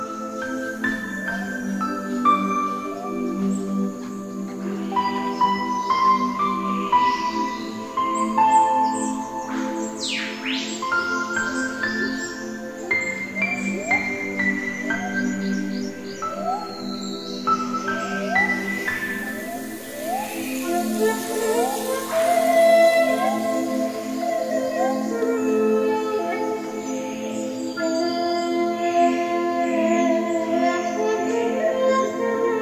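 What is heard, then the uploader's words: A rainforest chorus of many overlapping bird voices: steady warbling and whistled notes fill the clip without pause, with quick chirps and sharp upward calls scattered throughout. A low, even hum runs underneath, and a bright hiss swells briefly around the twentieth second. The Voices Of The Forest (from Indonesian Rainforest). Birds singing and forest sounds.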